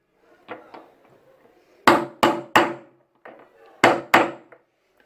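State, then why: Seated. A steel ball bearing is hammered into the drum/tub bearing housing of a washing machine, with light taps near 0.5 and 0.8 seconds, then sharp, ringing hammer blows at about 1.9, 2.2 and 2.6 seconds and a softer one near 3.3 seconds. The final hard blows at 3.8 and 4.1 seconds seat the bearing fully in its housing, and that solid knock on seating is the sign that it is driven home.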